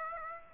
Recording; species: mosquito wingbeat signal from an infrared sensor; Aedes aegypti